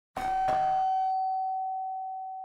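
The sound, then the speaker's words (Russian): A doorbell rings insistently twice in quick succession, shortly after ten o'clock: two sharp bright strikes that blend into one steady, fairly loud ringing tone, slowly fading over a couple of seconds. “Еще более настойчиво повторяют с той стороны.”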